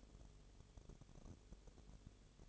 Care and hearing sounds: daily activity, microphone in the room; no activity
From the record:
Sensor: 4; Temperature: 22.0 degrees Celsius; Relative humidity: 29.4%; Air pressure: 1002.1 hPa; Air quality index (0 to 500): 60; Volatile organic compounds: 1 ppm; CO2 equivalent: 611 ppm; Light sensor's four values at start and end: 2/3/1/1 and 2/3/1/1

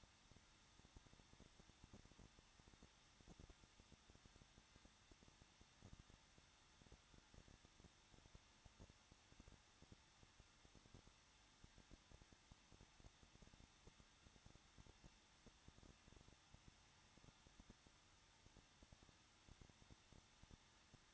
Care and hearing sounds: daily activity, microphone in the room; no activity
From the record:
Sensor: 3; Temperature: 21.2 degrees Celsius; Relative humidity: 36.3%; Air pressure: 1006.3 hPa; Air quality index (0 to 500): 223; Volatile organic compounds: 42 ppm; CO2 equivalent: 3184 ppm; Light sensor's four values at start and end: 2/3/2/2 and 2/3/2/2

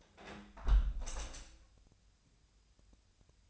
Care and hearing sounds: daily activity, microphone in the room; close window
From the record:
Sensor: 2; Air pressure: 1014.8 hPa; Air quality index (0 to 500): 28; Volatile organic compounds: 1 ppm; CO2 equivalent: 522 ppm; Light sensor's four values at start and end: 8/19/8/8 and 8/19/8/8

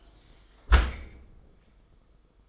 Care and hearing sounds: daily activity, microphone in the room; close dishwasher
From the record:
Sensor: 5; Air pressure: 990.7 hPa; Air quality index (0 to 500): 165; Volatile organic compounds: 311 ppm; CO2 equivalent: 4505 ppm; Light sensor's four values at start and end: 38/116/45/48 and 38/115/45/48

